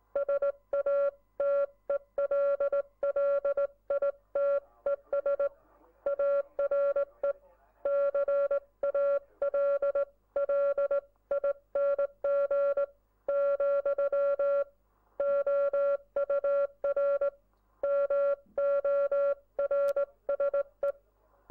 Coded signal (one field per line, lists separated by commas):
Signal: Morse code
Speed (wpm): 19 wpm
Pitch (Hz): 560 Hz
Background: none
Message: SATELLITES ARE CALLING, OUR MORSE